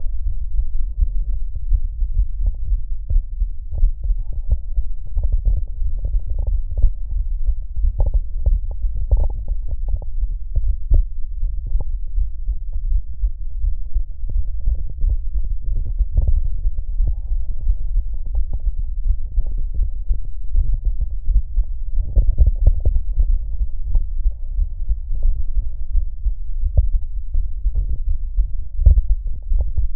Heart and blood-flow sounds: heart sounds by stethoscope; aortic valve (AV); normal heart sounds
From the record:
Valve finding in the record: normal valve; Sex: female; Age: 40 years

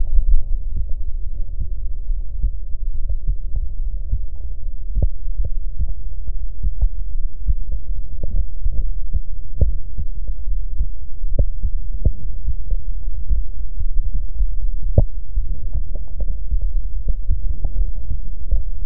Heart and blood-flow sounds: heart sounds by stethoscope; pulmonary valve (PV); normal heart sounds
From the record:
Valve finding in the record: normal valve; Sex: male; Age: 62 years

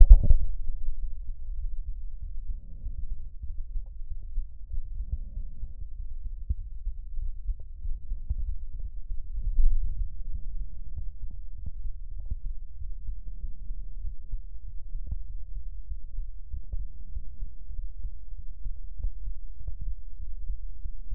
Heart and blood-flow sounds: heart sounds by stethoscope; pulmonary valve (PV); normal heart sounds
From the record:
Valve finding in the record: normal valve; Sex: male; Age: 52 years

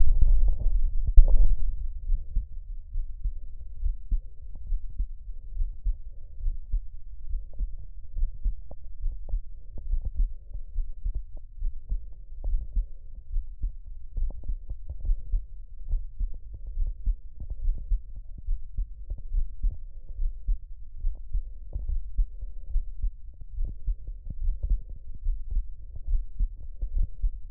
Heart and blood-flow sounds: heart sounds by stethoscope; tricuspid valve (TV); normal heart sounds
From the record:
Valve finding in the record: tricuspid regurgitation, grade 0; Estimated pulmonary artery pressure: 30 mmHg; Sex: male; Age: 57 years

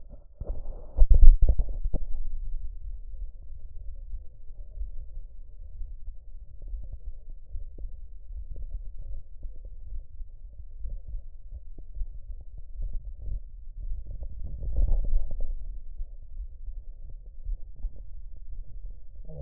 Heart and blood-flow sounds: heart sounds by stethoscope; tricuspid valve (TV); normal heart sounds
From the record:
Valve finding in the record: normal valve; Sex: male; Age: 70 years

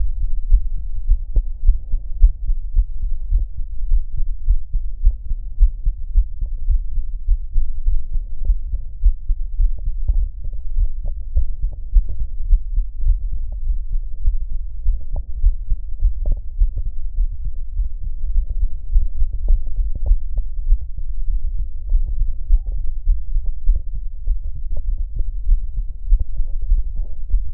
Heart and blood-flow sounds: heart sounds by stethoscope; aortic valve (AV); normal heart sounds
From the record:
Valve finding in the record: normal valve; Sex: female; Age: 53 years

